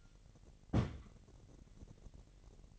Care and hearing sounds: daily activity, microphone in the room; place on stove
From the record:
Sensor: 4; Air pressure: 1012.8 hPa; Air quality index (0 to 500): 238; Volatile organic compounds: 4 ppm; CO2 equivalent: 1587 ppm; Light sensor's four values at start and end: 30/70/29/29 and 30/71/29/29

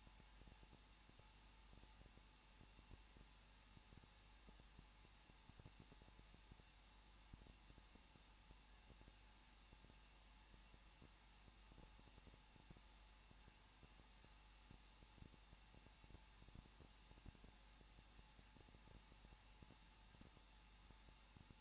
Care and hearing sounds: daily activity, microphone in the room; no activity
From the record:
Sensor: 1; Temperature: 20.1 degrees Celsius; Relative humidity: 39.1%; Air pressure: 1006.5 hPa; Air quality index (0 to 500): 216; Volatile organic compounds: 73 ppm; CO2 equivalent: 3545 ppm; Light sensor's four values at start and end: 1/2/1/1 and 1/2/1/1

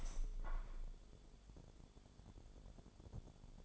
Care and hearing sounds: daily activity, microphone in the room; open window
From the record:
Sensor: 5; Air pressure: 1015.2 hPa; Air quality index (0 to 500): 104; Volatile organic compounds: 2 ppm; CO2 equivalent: 1117 ppm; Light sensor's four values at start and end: 35/81/32/31 and 35/81/33/31

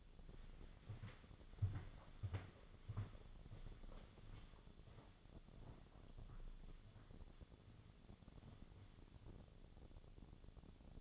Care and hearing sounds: daily activity, microphone in the room; walk to room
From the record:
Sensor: 4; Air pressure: 1000.8 hPa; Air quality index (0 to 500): 121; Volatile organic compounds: 1 ppm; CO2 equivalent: 912 ppm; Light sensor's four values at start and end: 58/143/61/67 and 59/147/62/69

